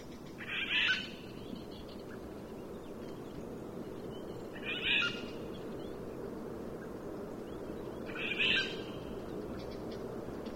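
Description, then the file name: Eurasian jay giving harsh, rasping screeches, three bursts spaced about four seconds apart over steady background noise. "Garrulus glandarius"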